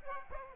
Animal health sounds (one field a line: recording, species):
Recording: mosquito wingbeat signal from an infrared sensor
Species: Aedes aegypti